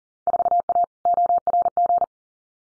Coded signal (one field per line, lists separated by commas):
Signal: Morse code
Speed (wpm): 38 wpm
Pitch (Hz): 700 Hz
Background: none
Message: 4A ORG